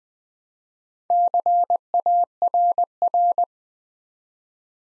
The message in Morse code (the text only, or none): CARR